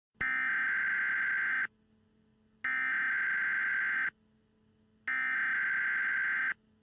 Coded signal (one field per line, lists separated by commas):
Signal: Emergency Alert System (SAME) tones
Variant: header bursts